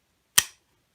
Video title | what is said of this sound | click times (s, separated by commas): Stop using these tools wrong. Channellock and Vice Grip. | you hear it lock now it's actually locked because I put it all the way in all the way tight | 0.4 s